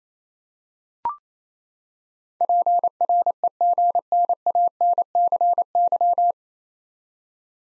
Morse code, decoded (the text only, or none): PREGNANCY